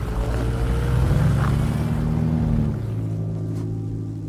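The engines of two cars rumble low and steady, with a rising tonal whine as they pull forward through an opened gate into the grounds, then the engine noise drops and settles into a softer idle-like hum.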